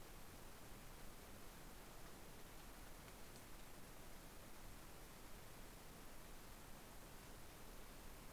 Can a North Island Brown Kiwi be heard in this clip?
no